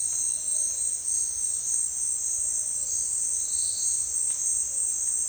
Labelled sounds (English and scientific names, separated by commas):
none